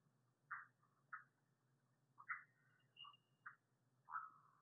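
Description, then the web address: Red-eyed tree frog calls, short low clucking chocks given singly at irregular intervals over a faint background hum. "phyllomedusidae Agalychnis-callidryas"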